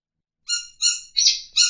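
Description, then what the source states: Long-tailed shrike giving four harsh, harmonic-rich notes spaced about a third of a second apart, the third note broader and noisier than the others. Known locally as cendet; a master song recording used for training songbirds.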